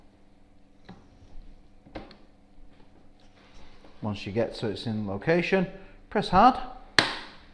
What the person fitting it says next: you hear the click as it goes in